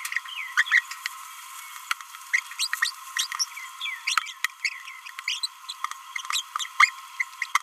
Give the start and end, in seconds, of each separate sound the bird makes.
0.56-0.64, 0.70-0.82, 2.33-2.40, 2.59-2.67, 2.82-2.91, 3.18-3.27, 3.40-3.47, 4.06-4.16, 5.27-5.40, 5.42-5.49, 5.69-5.73, 6.32-6.42, 6.79-6.92, 7.19-7.24, 7.41-7.45